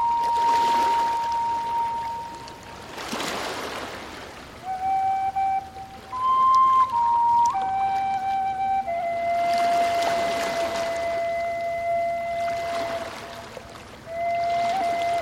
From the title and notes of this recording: Relaxing Ocean Waves & Peaceful Flute Music By A Dreamy Tropical Beach. The gentle crashing of waves and the soulful notes of the flute. Hearing the slow waves crashing by the shore.